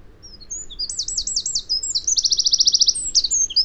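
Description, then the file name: Eurasian wren song: loud, high-pitched phrases of quick looping notes running into a dense, fast trill and sharp chirps, with faint low background noise. "Troglodytes troglodytes"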